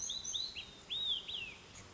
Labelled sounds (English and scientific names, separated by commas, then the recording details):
Olive-sided Flycatcher (Contopus cooperi)
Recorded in Sonoma County, California